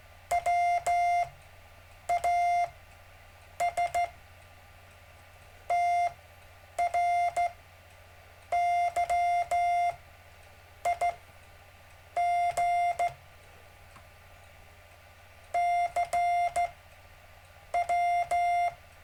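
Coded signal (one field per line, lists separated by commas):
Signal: Morse code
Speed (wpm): 14 wpm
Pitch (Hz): 700 Hz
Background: none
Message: WAS TRYIG CW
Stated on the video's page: Gentle Morse code practice during a live stream lesson.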